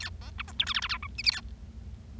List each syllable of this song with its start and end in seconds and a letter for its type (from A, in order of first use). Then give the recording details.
0.00-0.09 A, 0.21-0.30 B, 0.38-0.42 C, 0.48-0.52 D, 0.59-0.65 E, 0.67-0.73 F, 0.74-0.80 G, 0.82-0.88 G, 0.89-0.97 H, 1.02-1.07 I, 1.18-1.22 J, 1.24-1.31 K, 1.32-1.41 A. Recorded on 25 March 2012 at 14:26. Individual gy6or6